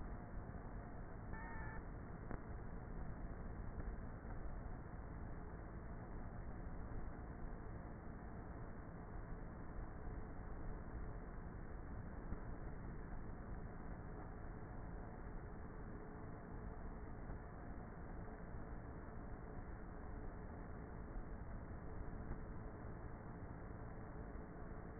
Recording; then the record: honeybee colony, microphone inside the hive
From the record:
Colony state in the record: queenless with a low population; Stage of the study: before two queens were removed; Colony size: about 30,000 bees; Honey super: no